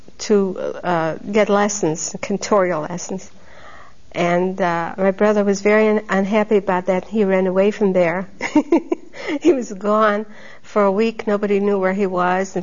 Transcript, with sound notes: to get lessons, cantorial lessons. And my brother was very unhappy about that. He ran away from there. (laughs) He was gone for a week. Nobody knew where he was.